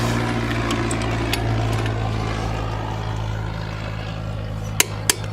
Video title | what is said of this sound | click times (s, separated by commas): replacing 07 mazda brakes | like I said about 90 and if you use a torque you'll hear it click | 4.8 s, 5.1 s